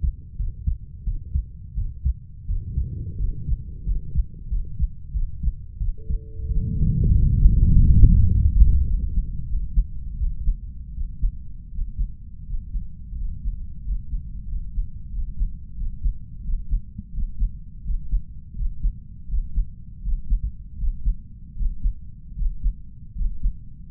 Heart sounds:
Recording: heart sounds by stethoscope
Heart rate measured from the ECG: 87 bpm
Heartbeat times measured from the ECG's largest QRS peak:
0.37 s: heartbeat
1.04 s: heartbeat
1.75 s: heartbeat
2.46 s: heartbeat
3.18 s: heartbeat
3.84 s: heartbeat
4.49 s: heartbeat
5.12 s: heartbeat
5.78 s: heartbeat
6.47 s: heartbeat
7.12 s: heartbeat
7.72 s: heartbeat
8.30 s: heartbeat
8.87 s: heartbeat
9.47 s: heartbeat
10.18 s: heartbeat
10.95 s: heartbeat
11.72 s: heartbeat
12.47 s: heartbeat
13.18 s: heartbeat
13.84 s: heartbeat
14.48 s: heartbeat
15.12 s: heartbeat
15.76 s: heartbeat
16.43 s: heartbeat
17.12 s: heartbeat
17.84 s: heartbeat
18.55 s: heartbeat
19.28 s: heartbeat
20.02 s: heartbeat
20.77 s: heartbeat
21.55 s: heartbeat
22.35 s: heartbeat
23.15 s: heartbeat
From the record:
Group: healthy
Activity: rest 0-6 s, breath hold 6-24 s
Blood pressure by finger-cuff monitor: 123/56 mmHg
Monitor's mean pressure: 78 mmHg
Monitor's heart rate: 86 bpm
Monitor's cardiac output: 7.7 L/min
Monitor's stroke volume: 92 mL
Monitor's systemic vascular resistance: 590 dyn s/cm5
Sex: female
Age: 32 years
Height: 168 cm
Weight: 61.9 kg

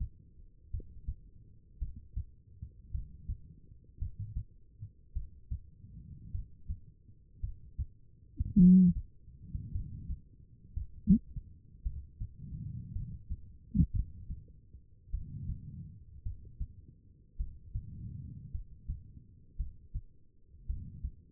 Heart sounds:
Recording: heart sounds by stethoscope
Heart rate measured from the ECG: 54 bpm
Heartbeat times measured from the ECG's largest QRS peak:
0.71 s: heartbeat
1.79 s: heartbeat
2.91 s: heartbeat
3.98 s: heartbeat
5.13 s: heartbeat
6.31 s: heartbeat
7.40 s: heartbeat
8.58 s: heartbeat
9.72 s: heartbeat
10.74 s: heartbeat
11.83 s: heartbeat
12.92 s: heartbeat
13.91 s: heartbeat
15.10 s: heartbeat
16.23 s: heartbeat
17.37 s: heartbeat
18.51 s: heartbeat
19.56 s: heartbeat
20.66 s: heartbeat
From the record:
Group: healthy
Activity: rest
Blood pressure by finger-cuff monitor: 101/67 mmHg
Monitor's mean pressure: 76 mmHg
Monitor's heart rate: 54 bpm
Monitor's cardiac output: 4 L/min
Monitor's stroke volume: 74 mL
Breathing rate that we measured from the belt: 21 breaths a minute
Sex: female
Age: 36 years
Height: 163 cm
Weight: 88 kg

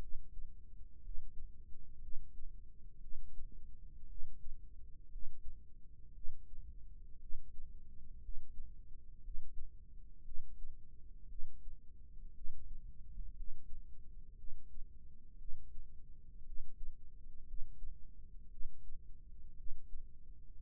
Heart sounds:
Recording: heart sounds by microphone in the left ear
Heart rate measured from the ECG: 58 bpm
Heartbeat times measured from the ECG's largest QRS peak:
1.00 s: heartbeat
1.99 s: heartbeat
2.98 s: heartbeat
4.06 s: heartbeat
5.08 s: heartbeat
6.12 s: heartbeat
7.18 s: heartbeat
8.19 s: heartbeat
9.20 s: heartbeat
10.22 s: heartbeat
11.26 s: heartbeat
12.32 s: heartbeat
13.33 s: heartbeat
14.35 s: heartbeat
15.36 s: heartbeat
16.43 s: heartbeat
17.44 s: heartbeat
18.48 s: heartbeat
19.54 s: heartbeat
20.56 s: heartbeat
From the record:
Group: healthy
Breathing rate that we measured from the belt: 16 breaths a minute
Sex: female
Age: 37 years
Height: 168 cm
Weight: 70 kg

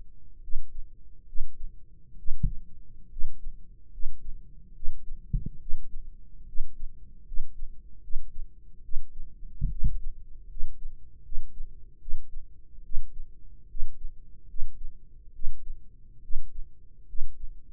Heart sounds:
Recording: heart sounds by microphone in the right ear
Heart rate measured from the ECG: 72 bpm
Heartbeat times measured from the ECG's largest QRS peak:
0.40 s: heartbeat
1.25 s: heartbeat
2.16 s: heartbeat
3.09 s: heartbeat
3.90 s: heartbeat
4.73 s: heartbeat
5.58 s: heartbeat
6.45 s: heartbeat
7.24 s: heartbeat
8.00 s: heartbeat
8.81 s: heartbeat
9.68 s: heartbeat
10.47 s: heartbeat
11.22 s: heartbeat
11.98 s: heartbeat
12.82 s: heartbeat
13.67 s: heartbeat
14.47 s: heartbeat
15.32 s: heartbeat
16.21 s: heartbeat
17.06 s: heartbeat
From the record:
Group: healthy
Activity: rest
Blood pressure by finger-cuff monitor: 131/78 mmHg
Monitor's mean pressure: 98 mmHg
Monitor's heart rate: 72 bpm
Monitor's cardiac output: 6.3 L/min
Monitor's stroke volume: 87 mL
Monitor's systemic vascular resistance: 1140 dyn s/cm5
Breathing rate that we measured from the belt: 18 breaths a minute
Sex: male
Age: 21 years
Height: 180 cm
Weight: 67.5 kg

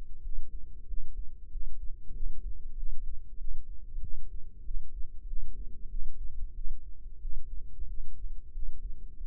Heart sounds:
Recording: heart sounds by microphone in the left ear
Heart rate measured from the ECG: 94 bpm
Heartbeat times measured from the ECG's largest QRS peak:
0.21 s: heartbeat
0.85 s: heartbeat
1.49 s: heartbeat
2.12 s: heartbeat
2.74 s: heartbeat
3.37 s: heartbeat
4.00 s: heartbeat
4.62 s: heartbeat
5.25 s: heartbeat
5.88 s: heartbeat
6.53 s: heartbeat
7.19 s: heartbeat
7.85 s: heartbeat
8.51 s: heartbeat
9.16 s: heartbeat
From the record:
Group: healthy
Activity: rest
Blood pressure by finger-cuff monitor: 108/64 mmHg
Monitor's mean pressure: 77 mmHg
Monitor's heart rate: 94 bpm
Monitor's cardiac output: 8.2 L/min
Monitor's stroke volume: 88 mL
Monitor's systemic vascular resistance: 670 dyn s/cm5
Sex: male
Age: 19 years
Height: 178 cm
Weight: 83 kg

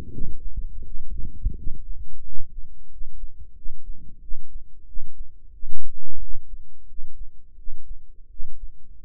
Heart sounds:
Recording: heart sounds by microphone in the right ear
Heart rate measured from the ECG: 87 bpm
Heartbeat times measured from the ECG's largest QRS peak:
0.09 s: heartbeat
0.82 s: heartbeat
1.54 s: heartbeat
2.22 s: heartbeat
2.88 s: heartbeat
3.54 s: heartbeat
4.20 s: heartbeat
4.85 s: heartbeat
5.51 s: heartbeat
6.18 s: heartbeat
6.86 s: heartbeat
7.55 s: heartbeat
8.28 s: heartbeat
9.01 s: heartbeat
From the record:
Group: healthy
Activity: cold pressor test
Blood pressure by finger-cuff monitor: 114/74 mmHg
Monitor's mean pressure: 83 mmHg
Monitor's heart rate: 88 bpm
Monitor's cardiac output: 6.9 L/min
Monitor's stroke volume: 78 mL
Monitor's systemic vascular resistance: 870 dyn s/cm5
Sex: male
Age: 35 years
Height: 180 cm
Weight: 86.9 kg

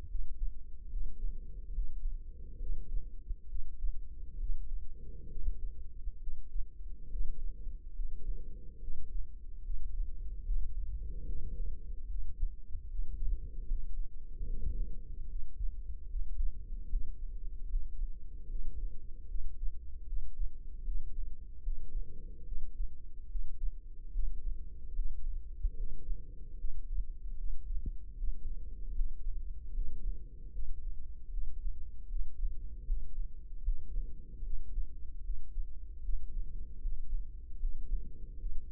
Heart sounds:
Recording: heart sounds by microphone in the left ear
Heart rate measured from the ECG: 74 bpm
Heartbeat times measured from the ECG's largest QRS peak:
0.06 s: heartbeat
0.88 s: heartbeat
1.73 s: heartbeat
2.58 s: heartbeat
3.47 s: heartbeat
4.37 s: heartbeat
5.27 s: heartbeat
6.19 s: heartbeat
7.08 s: heartbeat
7.94 s: heartbeat
8.79 s: heartbeat
9.61 s: heartbeat
10.43 s: heartbeat
11.24 s: heartbeat
12.06 s: heartbeat
12.86 s: heartbeat
13.66 s: heartbeat
14.45 s: heartbeat
15.27 s: heartbeat
16.07 s: heartbeat
16.88 s: heartbeat
17.68 s: heartbeat
18.47 s: heartbeat
19.26 s: heartbeat
20.04 s: heartbeat
20.82 s: heartbeat
21.61 s: heartbeat
22.43 s: heartbeat
23.26 s: heartbeat
24.10 s: heartbeat
24.93 s: heartbeat
25.75 s: heartbeat
26.56 s: heartbeat
27.35 s: heartbeat
28.15 s: heartbeat
28.94 s: heartbeat
29.72 s: heartbeat
30.50 s: heartbeat
31.28 s: heartbeat
32.07 s: heartbeat
32.84 s: heartbeat
33.62 s: heartbeat
34.41 s: heartbeat
35.21 s: heartbeat
36.00 s: heartbeat
36.79 s: heartbeat
37.58 s: heartbeat
38.37 s: heartbeat
From the record:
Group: healthy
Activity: rest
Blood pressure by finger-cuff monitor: 104/76 mmHg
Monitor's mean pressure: 87 mmHg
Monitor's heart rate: 74 bpm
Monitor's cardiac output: 5.4 L/min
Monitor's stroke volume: 73 mL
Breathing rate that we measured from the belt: 17 breaths a minute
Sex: female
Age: 32 years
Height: 172 cm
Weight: 71.7 kg

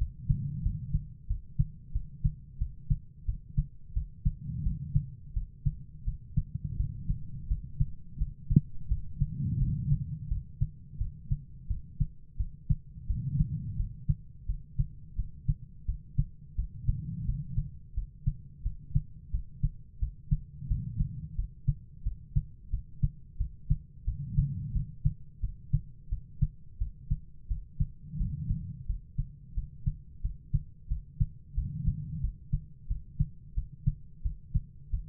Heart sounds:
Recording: heart sounds by stethoscope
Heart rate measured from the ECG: 88 bpm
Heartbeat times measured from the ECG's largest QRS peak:
0.61 s: heartbeat
1.26 s: heartbeat
1.91 s: heartbeat
2.57 s: heartbeat
3.24 s: heartbeat
3.92 s: heartbeat
4.62 s: heartbeat
5.33 s: heartbeat
6.04 s: heartbeat
6.76 s: heartbeat
7.47 s: heartbeat
8.17 s: heartbeat
8.87 s: heartbeat
9.58 s: heartbeat
10.28 s: heartbeat
10.97 s: heartbeat
11.67 s: heartbeat
12.36 s: heartbeat
13.06 s: heartbeat
13.75 s: heartbeat
14.45 s: heartbeat
15.15 s: heartbeat
15.85 s: heartbeat
16.55 s: heartbeat
17.24 s: heartbeat
17.93 s: heartbeat
18.61 s: heartbeat
19.30 s: heartbeat
19.98 s: heartbeat
20.66 s: heartbeat
21.34 s: heartbeat
22.02 s: heartbeat
22.69 s: heartbeat
23.36 s: heartbeat
24.04 s: heartbeat
24.71 s: heartbeat
25.39 s: heartbeat
26.08 s: heartbeat
26.77 s: heartbeat
27.47 s: heartbeat
28.16 s: heartbeat
28.85 s: heartbeat
29.53 s: heartbeat
30.20 s: heartbeat
30.87 s: heartbeat
31.53 s: heartbeat
32.20 s: heartbeat
32.86 s: heartbeat
33.53 s: heartbeat
34.21 s: heartbeat
34.89 s: heartbeat
From the record:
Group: healthy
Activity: rest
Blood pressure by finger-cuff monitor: 109/66 mmHg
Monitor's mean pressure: 81 mmHg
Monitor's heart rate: 88 bpm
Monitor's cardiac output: 6.3 L/min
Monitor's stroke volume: 71 mL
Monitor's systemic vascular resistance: 930 dyn s/cm5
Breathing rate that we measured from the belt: 16 breaths a minute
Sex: female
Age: 43 years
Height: 160 cm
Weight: 90 kg

